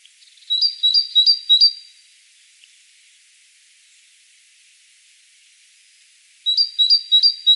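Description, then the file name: Great tit repeating a two-note whistled phrase four times, then a silence of several seconds, then another series of similar phrases. "Parus major"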